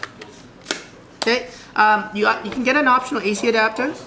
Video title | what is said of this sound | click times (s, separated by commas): GFX, X100F, X-T20, XF 50mm f/2 WR | It does lock into place. | 0.7 s